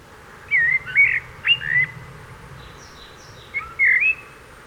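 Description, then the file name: Eurasian blackbird giving mellow whistled notes in a short phrase, pausing, then another burst of whistles with faint high squeaky twittering between. "Turdus merula"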